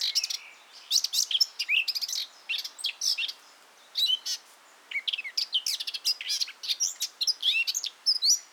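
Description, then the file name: Eurasian blackcap chattering in rapid, scratchy phrases of high twittering notes, broken by short gaps, continuing steadily throughout. "Sylvia atricapilla"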